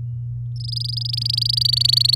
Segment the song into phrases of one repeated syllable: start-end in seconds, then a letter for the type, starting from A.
0.56-2.15 A